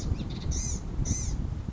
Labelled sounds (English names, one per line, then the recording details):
Blue-gray Gnatcatcher
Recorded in Sonoma County, California